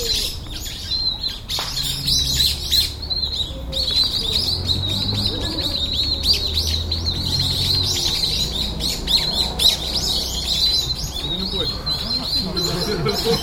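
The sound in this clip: Birds chirping continuously, a busy chorus of many overlapping high, twittering notes with short whistled slurs and a low background rumble.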